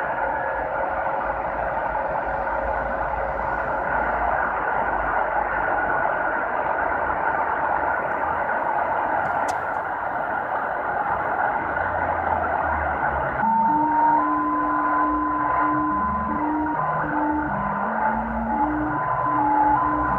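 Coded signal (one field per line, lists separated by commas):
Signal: JT65, JT9 or WSPR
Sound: rushing static with steady whines, then narrow tones slowly stepping in pitch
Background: radio static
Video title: 7078 KHZ JT65 LSB captada en Mendoza (ARG) con Tecsun PL-660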